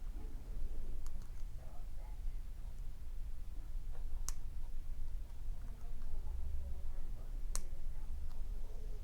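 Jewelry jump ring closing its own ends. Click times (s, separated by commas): 4.3 s, 7.5 s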